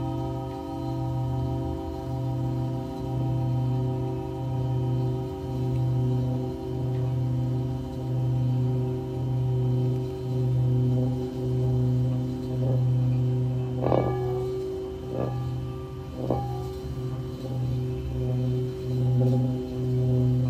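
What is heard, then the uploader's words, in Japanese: Singing bowls hum steadily in a sound healing session, a low tone pulsing in a slow even wobble with layered higher overtones held throughout. Around fourteen to sixteen seconds a few brighter strikes ring out and fade over the sustained drone. メキシコから シンギングボウルのサウンドヒーリング ライブ。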